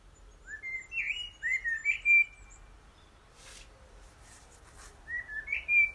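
Bird song: short whistled, slurred phrases rising and falling, several in the first two and a half seconds, a pause, then another whistled phrase near the end.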